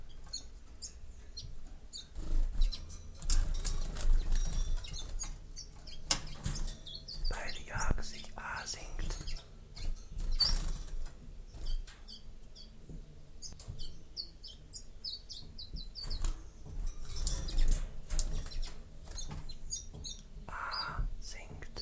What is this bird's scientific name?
Phylloscopus collybita